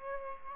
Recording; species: mosquito wingbeat signal from an infrared sensor; Aedes aegypti